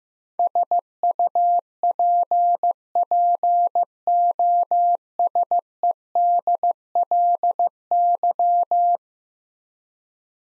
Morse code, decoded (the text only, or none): SUPPOSEDLY